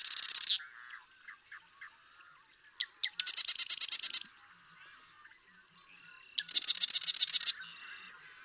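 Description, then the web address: Marsh Wren song: an ending rattle, soft chatter, then ticking notes that run into a loud, fast mechanical trill, repeated once more. "birdsongforthecurious songs Marsh Wren"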